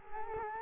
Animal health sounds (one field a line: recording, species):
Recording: mosquito wingbeat signal from an infrared sensor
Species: Culex quinquefasciatus